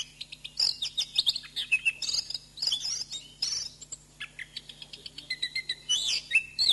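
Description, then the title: Thrush song: a rapid, varied run of sharp chirps, twitters and short whistled phrases, mostly high-pitched, with brief pauses between bursts. "Suara Burung Anis"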